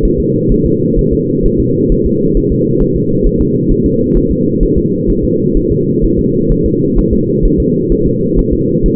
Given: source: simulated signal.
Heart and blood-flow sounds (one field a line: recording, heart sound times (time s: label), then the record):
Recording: fetal heart sounds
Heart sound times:
0.05 s: S1
0.20 s: S2
0.52 s: S1
0.66 s: S2
0.99 s: S1
1.13 s: S2
1.46 s: S1
1.60 s: S2
1.92 s: S1
2.06 s: S2
2.37 s: S1
2.52 s: S2
2.82 s: S1
2.97 s: S2
3.26 s: S1
3.41 s: S2
3.71 s: S1
3.86 s: S2
4.17 s: S1
4.31 s: S2
4.63 s: S1
4.78 s: S2
5.10 s: S1
5.25 s: S2
5.57 s: S1
5.72 s: S2
6.04 s: S1
6.19 s: S2
6.52 s: S1
6.66 s: S2
6.99 s: S1
7.13 s: S2
7.45 s: S1
7.60 s: S2
7.92 s: S1
8.07 s: S2
8.39 s: S1
8.53 s: S2
8.86 s: S1
From the record:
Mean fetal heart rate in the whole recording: 130 bpm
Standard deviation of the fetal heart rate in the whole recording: 4 bpm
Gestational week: 38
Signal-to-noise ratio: -11.2 dB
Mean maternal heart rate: 72 bpm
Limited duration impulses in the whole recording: present